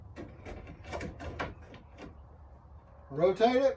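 A T8 LED tube's end pins are lined up with a fluorescent fixture's sockets before the tube is rotated and snapped home. Light handling taps and rustles are heard, with short knocks near 0.7 s and 1.7 s, and then someone talks. The tube has not yet seated or clicked into place.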